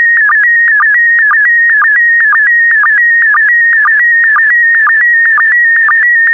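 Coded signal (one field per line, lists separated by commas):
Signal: SSTV (slow-scan television)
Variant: PD120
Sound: steady warbling whistle near 2 kHz with short low blips about twice a second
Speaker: Five, four, three, two, one. Thank you. Transmission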